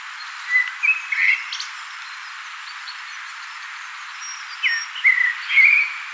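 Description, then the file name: Common blackbird: a short mellow whistled phrase with a scratchy end, a pause of steady hiss, then another slurred fluty phrase. "Turdus merula"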